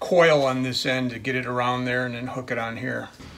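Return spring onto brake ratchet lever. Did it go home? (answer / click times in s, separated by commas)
no / none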